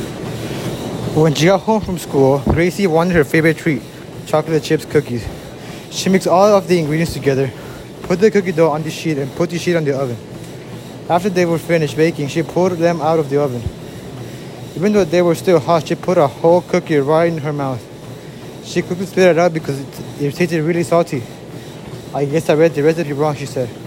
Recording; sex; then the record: reading aloud after running; male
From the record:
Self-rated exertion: vigorous exertion (4 of 6); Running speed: 9 miles an hour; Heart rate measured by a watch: 160 beats a minute at the start, 154 at the end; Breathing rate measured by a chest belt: 21 breaths a minute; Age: 18 years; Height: 179 cm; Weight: 72 kg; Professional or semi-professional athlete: no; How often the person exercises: 3 to 5 times a week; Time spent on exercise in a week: 3 to 4 hours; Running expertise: yes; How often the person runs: under once a week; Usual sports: weight training, basketball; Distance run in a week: 1 km